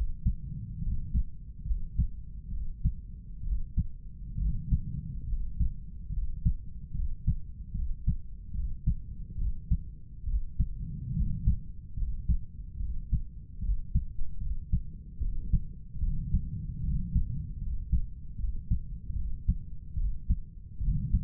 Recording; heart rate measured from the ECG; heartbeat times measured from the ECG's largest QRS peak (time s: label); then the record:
heart sounds by stethoscope; 72 bpm
0.83 s: heartbeat
1.66 s: heartbeat
2.52 s: heartbeat
3.45 s: heartbeat
4.39 s: heartbeat
5.29 s: heartbeat
6.13 s: heartbeat
6.95 s: heartbeat
7.75 s: heartbeat
8.55 s: heartbeat
9.39 s: heartbeat
10.27 s: heartbeat
11.15 s: heartbeat
11.98 s: heartbeat
12.80 s: heartbeat
13.63 s: heartbeat
14.41 s: heartbeat
15.21 s: heartbeat
16.02 s: heartbeat
16.84 s: heartbeat
17.62 s: heartbeat
18.39 s: heartbeat
19.16 s: heartbeat
19.98 s: heartbeat
20.82 s: heartbeat
From the record:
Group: healthy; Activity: rest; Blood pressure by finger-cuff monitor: 145/96 mmHg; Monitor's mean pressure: 108 mmHg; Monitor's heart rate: 73 bpm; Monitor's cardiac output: 7.3 L/min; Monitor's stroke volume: 101 mL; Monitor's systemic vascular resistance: 1100 dyn s/cm5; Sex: male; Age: 30 years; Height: 188 cm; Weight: 110.2 kg